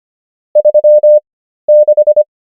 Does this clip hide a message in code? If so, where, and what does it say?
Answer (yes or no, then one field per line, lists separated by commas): yes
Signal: Morse code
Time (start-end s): 0.6-2.2 s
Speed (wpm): 25 wpm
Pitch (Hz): 600 Hz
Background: none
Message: 36